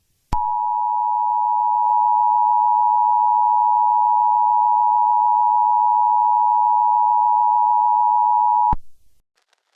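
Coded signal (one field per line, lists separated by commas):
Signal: Emergency Alert System (SAME) tones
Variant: 853 and 960 Hz attention tone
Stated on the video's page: Simulated EAS scenario made with CapCut, fan horror recreation rather than a real alert.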